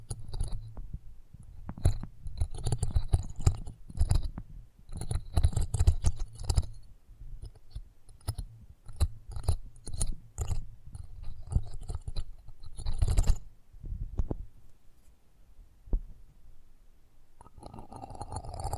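Close-up microphone treatment ASMR: dense bursts of soft rubbing, tapping and crinkly clicks, with low thumps under them. The handling is busy and irregular through the first thirteen seconds, thins to sparse taps, then a steadier brushing swell rises near the end.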